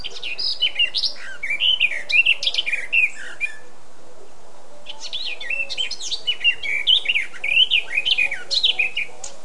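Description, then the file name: Eurasian blackcap song: two bursts of rich, varied warbling with fluting whistled notes, rising and falling, separated by a short pause. "Sylvia atricapilla"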